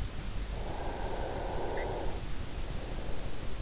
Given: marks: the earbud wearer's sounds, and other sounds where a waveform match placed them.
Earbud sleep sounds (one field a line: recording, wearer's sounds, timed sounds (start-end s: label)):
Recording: sounds in sleep by an in-ear microphone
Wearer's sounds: breath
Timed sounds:
0.43-3.43 s: breath